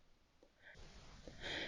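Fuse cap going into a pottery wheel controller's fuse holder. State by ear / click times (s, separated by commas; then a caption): not seated / none. A fuse is put back into its screw-in cap for the fuse holder on a Brent pottery wheel's silver face controller, with faint handling noises and soft rustles against a low background hiss that grows louder near the end. Nothing has been seated or clicked into the holder yet.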